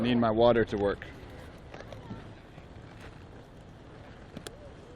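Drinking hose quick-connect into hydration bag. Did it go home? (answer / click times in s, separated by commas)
yes / 4.5 s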